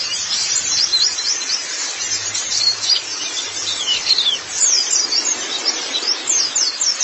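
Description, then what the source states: White-eye song, a fast stream of high, squeaky chirps and slurred twitters against steady hiss. Pleci (white-eye) chirping song.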